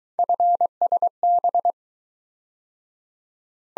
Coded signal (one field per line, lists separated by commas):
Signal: Morse code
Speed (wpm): 21 wpm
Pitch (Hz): 700 Hz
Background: none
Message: FSB